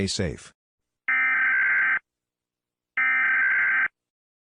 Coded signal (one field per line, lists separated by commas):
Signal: Emergency Alert System (SAME) tones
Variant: header bursts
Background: speech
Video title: EAS Scenario │ Paranoia